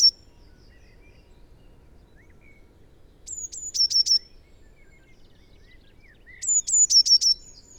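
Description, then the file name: Eurasian blue tit song, high thin notes followed by a rapid run of repeated notes, heard twice several seconds apart over an otherwise quiet background. "Cyanistes caeruleus"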